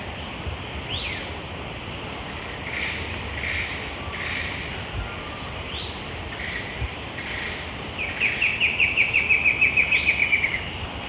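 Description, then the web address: Moustached antwren song: a quick run of sharp, evenly spaced notes, slightly descending, near the end, after scattered quieter notes. Song recorded in the eastern lowlands of South America. "Nature Songs S America Eastern Lowlands. Myrmotherula ignota, song"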